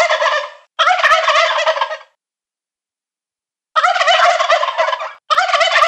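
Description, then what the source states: Wild turkey toms gobbling in rolling, rattling bursts, two close together, then a gap and two more in quick succession. Toms (males).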